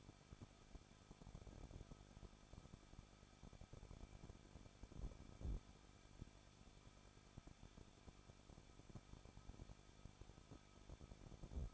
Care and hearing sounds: daily activity, microphone in the room; no activity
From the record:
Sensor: 5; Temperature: 20.8 degrees Celsius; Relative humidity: 38.3%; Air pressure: 1006.4 hPa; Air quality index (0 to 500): 190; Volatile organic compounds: 19 ppm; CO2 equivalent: 2670 ppm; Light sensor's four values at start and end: 2/3/1/1 and 2/3/1/1

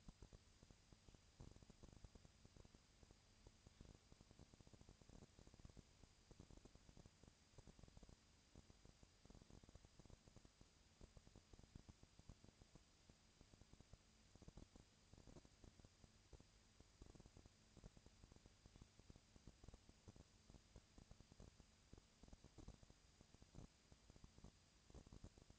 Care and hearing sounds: daily activity, microphone in the room; no activity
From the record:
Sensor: 2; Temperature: 20.3 degrees Celsius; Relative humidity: 37.0%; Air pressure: 998.7 hPa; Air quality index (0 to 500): 236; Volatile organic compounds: 38 ppm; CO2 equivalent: 3112 ppm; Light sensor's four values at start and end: 2/3/2/2 and 2/3/2/2

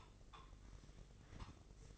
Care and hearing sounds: daily activity, microphone in the room; take from stove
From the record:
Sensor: 4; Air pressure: 996.2 hPa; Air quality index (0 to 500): 71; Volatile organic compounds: 3 ppm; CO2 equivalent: 1318 ppm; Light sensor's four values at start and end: 18/49/19/20 and 18/49/19/20

